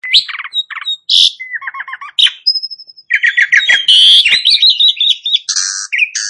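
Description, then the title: Asian pied starling singing a rapid medley of squeaky chirps, buzzy trills and a thin sustained whistle, notes jumping between pitches in quick succession. Bird begins singing within less than a minute. "Belum Satu Menit Jalak Suren Langsung Bunyi"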